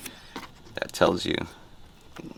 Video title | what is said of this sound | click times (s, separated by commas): How to Install New Headlights on a 2005–2007 Honda Odyssey (Step-by-Step Guide) | make sure you listen in for that little pop that little click that tells you that it's on there well | 0.8 s